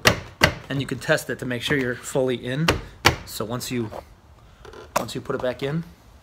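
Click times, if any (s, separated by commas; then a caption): none. A tail light bulb socket on a Honda Odyssey is handled at the plastic tail light housing while someone talks, with a few short knocks and handling sounds. The clip ends before the socket is pushed back in and locks, so nothing has seated or clicked yet.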